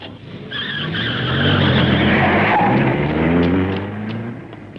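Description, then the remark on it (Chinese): A car engine roars at speed as tires squeal in a long, high-pitched skid, with rising and falling harmonic whines over a loud, steady rumble lasting several seconds, as the car is driven wildly through the night. “锥心的痛苦使他像发了疯似的开着汽车在夜幕之中乱闯。”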